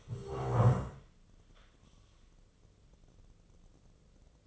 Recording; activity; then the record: daily activity, microphone in the room; stand up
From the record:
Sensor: 4